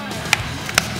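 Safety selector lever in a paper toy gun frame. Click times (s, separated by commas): 0.3 s, 0.8 s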